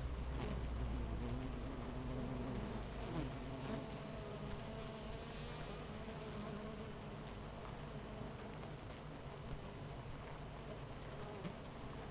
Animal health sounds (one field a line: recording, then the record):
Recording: honeybee colony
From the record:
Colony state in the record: missing queen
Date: 14 July 2017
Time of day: 8:38